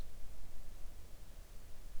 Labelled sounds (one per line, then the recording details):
wind
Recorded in the Arctic National Wildlife Refuge, Alaska, on 3 August 2019 at 05:01
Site 41